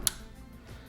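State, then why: Seated. A second RAM stick, already anchored on the left and slid down into a motherboard DIMM slot, is pressed in on its right side. A single sharp click at 0.1 s marks the stick's right side locking into place, followed by a quiet, low background. The second memory stick is seated.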